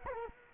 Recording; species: mosquito wingbeat signal from an infrared sensor; Culex quinquefasciatus